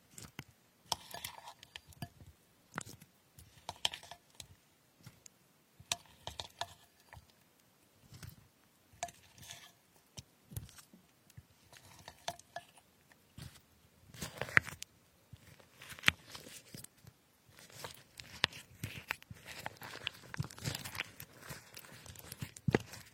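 Strawberries and other fruit are cut with a knife in short, crisp clicks and soft wet squelches that come in irregular bursts throughout. The chopping grows denser and sharper toward the end, with a few louder snaps around fifteen seconds.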